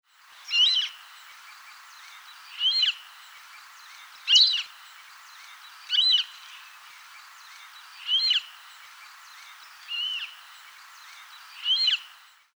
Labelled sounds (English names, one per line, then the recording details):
Western Marsh Harrier
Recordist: Frommolt, Karl-Heinz
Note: Rufe